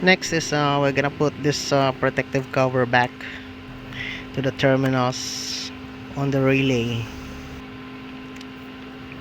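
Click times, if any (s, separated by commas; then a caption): 8.4 s, 9.1 s. Someone talks over a steady low hum while a plastic protective cover is pushed back over the terminals on a starter relay. Short sharp clicks are heard at 8.4 s and 9.1 s as the cover snaps into place and seats.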